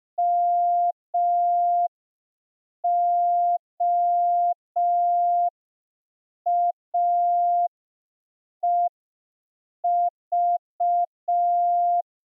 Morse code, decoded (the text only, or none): MOAEV